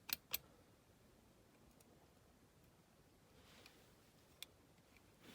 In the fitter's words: think you heard it clicked into place perfectly there